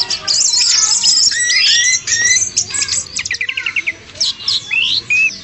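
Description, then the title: Birds singing with clear whistled phrases and chirps, including a quick run of rapid repeated notes midway, then short pauses between calls. "SuaraBurung Kicau3"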